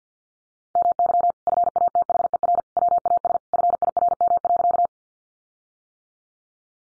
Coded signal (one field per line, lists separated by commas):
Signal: Morse code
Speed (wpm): 50 wpm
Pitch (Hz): 700 Hz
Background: none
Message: MY FATHER WAS FIRM.